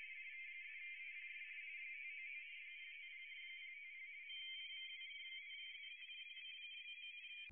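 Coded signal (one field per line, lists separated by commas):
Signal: RTTY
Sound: several overlapping warbling two-tone teleprinter signals chattering steadily, ending abruptly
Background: radio static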